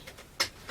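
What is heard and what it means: A cover is slid back onto an old MIG welder's housing after rewiring the plug and earth, with a few faint ticks as it is worked into position. A sharp, bright snap at 0.4 s marks the cover locking into place, and it is confirmed seated.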